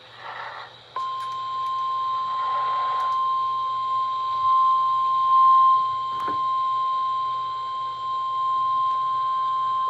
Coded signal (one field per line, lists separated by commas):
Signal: Emergency Alert System (SAME) tones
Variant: 1050 Hz attention tone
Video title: EAS Severe Thunderstorm Warning #28 (From AKQ) 7/8/25 (Credit Goes To @SouthernPennsylvaniaWX)